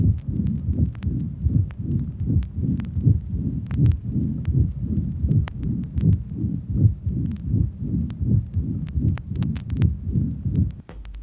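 Adult heart heard through a stethoscope: a heart murmur over steady low-pitched beats at about 80 per minute.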